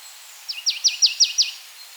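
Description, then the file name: Marsh tit calling, a quick run of six sharp, down-slurred notes over about one second, each dropping steeply in pitch; otherwise quiet. "Poecile palustris"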